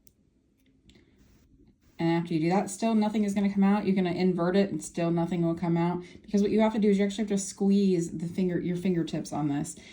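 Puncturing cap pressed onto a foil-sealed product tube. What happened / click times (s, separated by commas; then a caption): The cap was pressed down and punctured the foil seal / 0.1 s, 0.9 s. A puncturing applicator cap is pressed down onto a small foil-sealed product tube, by finger or against the table, so its inner point pierces the tin-foil seal. Two short, faint clicks at 0.1 s and 0.9 s mark the cap seating and the seal popping. Then a woman talks.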